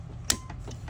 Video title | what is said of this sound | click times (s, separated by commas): No Hot Water? Reset Your Electric Water Heater in 5 Minutes! (Easy Fix) | There we go, you hear it click? | 0.3 s